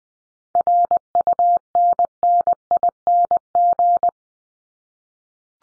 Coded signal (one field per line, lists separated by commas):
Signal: Morse code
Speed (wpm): 20 wpm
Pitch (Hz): 700 Hz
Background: none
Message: RUNNING